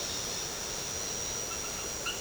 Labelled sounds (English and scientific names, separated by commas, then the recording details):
none
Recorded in secondary vegetation near Puerto Asís, Putumayo, Colombia, on 24 March 2025 at 18:00
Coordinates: 0.488, -76.319
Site G095